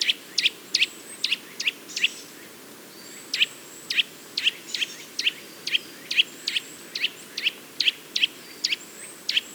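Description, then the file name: Eurasian nuthatch sounding crisp, high piping calls, a few quick bursts then a short pause, then a steady run, with faint high bird whistles in the background. "Sitta europaea"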